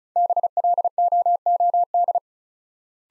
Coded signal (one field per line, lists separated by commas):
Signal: Morse code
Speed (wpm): 36 wpm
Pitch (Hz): 700 Hz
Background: none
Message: BLOOD